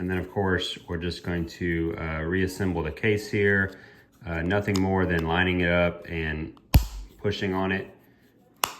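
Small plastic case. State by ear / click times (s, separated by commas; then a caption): seated / 8.6 s. Someone talks while lining up the plastic case halves of a 2021-2025 Chevy Tahoe key fob, after a battery change, and pressing one half onto the other. A sharp snap at 8.6 s marks the clips snapping into place, and the case is seated.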